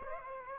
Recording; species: mosquito wingbeat signal from an infrared sensor; Aedes aegypti